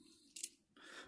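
The polymer-base magazine, which holds a CO2 capsule twisted in at the bottom, is released from the grip of a CO2 pistol. Two sharp mechanical clicks come at about 0.4 s, followed at 0.8 s by a longer, brighter sliding hiss. The magazine comes free and slides out of the grip.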